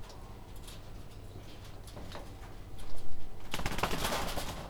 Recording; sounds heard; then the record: poultry house recording; no chicken sound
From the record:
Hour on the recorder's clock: 21